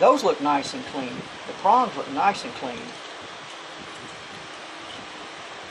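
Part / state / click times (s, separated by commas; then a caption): wiring harness connector into power transistor unit / not seated / none. Someone talks while handling the wiring harness connector for the power transistor unit of a 300ZX. Low background hiss follows. The connector is about to be plugged back in by hand, but nothing has seated or clicked yet when the clip ends.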